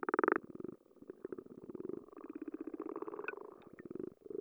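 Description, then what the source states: Frogs heard underwater: a loud brief rattle opens, followed by quieter, steady trains of fast ticks and a few sharp clicks. Frogs recorded underwater with a hydrophone.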